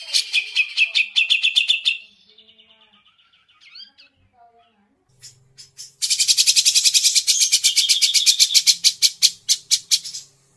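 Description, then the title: Grey-cheeked bulbul song, bursts of loud harsh rapid chattering notes, a quieter stretch of soft repeated notes in between, then a long fast grating burst. Masteran (training recording for songbirds), long-duration recording. "Cucak Jenggot Masteran"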